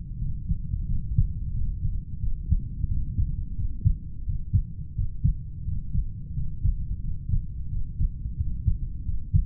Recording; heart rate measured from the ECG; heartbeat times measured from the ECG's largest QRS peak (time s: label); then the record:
heart sounds by stethoscope; 88 bpm
0.18 s: heartbeat
0.85 s: heartbeat
1.52 s: heartbeat
2.19 s: heartbeat
2.87 s: heartbeat
3.55 s: heartbeat
4.24 s: heartbeat
4.94 s: heartbeat
5.64 s: heartbeat
6.33 s: heartbeat
7.01 s: heartbeat
7.69 s: heartbeat
8.36 s: heartbeat
9.04 s: heartbeat
From the record:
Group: heart failure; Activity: rest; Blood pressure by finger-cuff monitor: 73/45 mmHg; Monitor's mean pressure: 51 mmHg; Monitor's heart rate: 88 bpm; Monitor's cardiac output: 7.2 L/min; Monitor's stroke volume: 82 mL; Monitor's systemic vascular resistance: 490 dyn s/cm5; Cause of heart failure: idiopathic cardiomyopathy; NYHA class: 2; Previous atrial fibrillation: present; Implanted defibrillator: present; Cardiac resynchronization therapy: present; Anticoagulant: warfarin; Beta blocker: metoprolol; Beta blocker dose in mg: 50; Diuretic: furosemide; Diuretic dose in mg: 40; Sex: male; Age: 62 years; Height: 184 cm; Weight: 101 kg